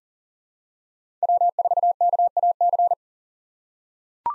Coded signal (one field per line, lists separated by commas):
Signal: Morse code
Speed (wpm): 40 wpm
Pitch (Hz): 700 Hz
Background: none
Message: W4KAC